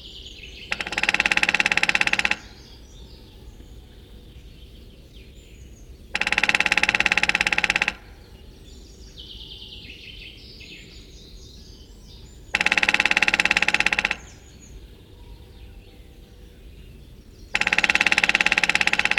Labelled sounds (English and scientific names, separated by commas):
Lesser Spotted Woodpecker (Dendrocopos minor) drumming